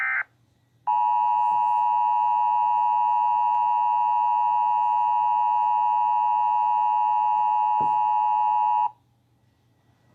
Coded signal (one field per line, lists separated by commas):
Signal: Emergency Alert System (SAME) tones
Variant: 853 and 960 Hz attention tone